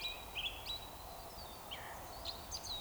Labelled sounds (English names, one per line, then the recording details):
Eurasian Woodcock whistle
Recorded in Baden-Württemberg, Germany, on 15 June 2020 at 02:33 UTC
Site 43791, 788 m above sea level